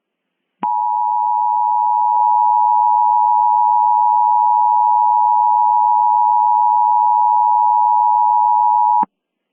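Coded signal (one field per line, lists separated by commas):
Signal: Emergency Alert System (SAME) tones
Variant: 853 and 960 Hz attention tone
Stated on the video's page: Mock Halloween volcano EAS alert with valid EAS tones.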